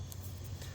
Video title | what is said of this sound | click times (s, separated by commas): hyundai Elantra driver door handle removal | until it locks in place | 0.1 s